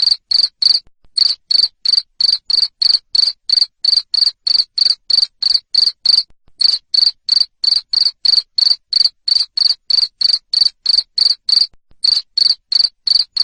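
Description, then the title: Cricket giving a long run of loud, high chirps about three per second, with a few brief pauses between bursts. Loud cricket chirping used to stimulate lovebirds into continuous chattering song. "Suara JANGKRIK NGERIK Keras Bikin LOVEBIRD Jadi NGEKEK Terus"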